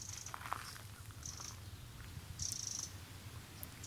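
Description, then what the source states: Long-tailed tit alarm calls: thin, high, drawn-out notes repeated several times at irregular intervals, over a low steady rumble. Prolonged, intense alarm calling heard in mid-April in Västerhankmo, typical when a weasel is nearby; sounds irritated, almost angry; probably on its breeding territory.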